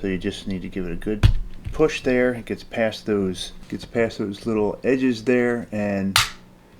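A polymer floor plate is pushed firmly onto a GLOCK pistol magazine body, past two retaining notches, while someone talks, with brief sharp sounds near 1.2 s and 6.2 s. The clip ends before the floor plate locks, so nothing has seated or clicked yet.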